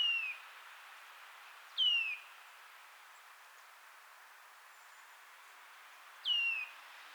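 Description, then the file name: Eurasian nuthatch calls: single clear whistles dropping in pitch, three in all, a few seconds apart, with faint background hiss. "Sitta europaea"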